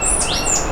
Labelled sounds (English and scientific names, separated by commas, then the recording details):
Stitchbird (Notiomystis cincta) song
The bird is a male
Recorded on Tiritiri Matangi Island, New Zealand, in 2005
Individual 9, of nest box 11